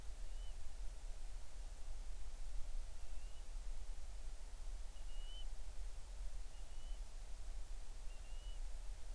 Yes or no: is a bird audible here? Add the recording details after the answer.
yes. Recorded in the Arctic National Wildlife Refuge, Alaska, on 20 July 2019 at 02:39. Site 38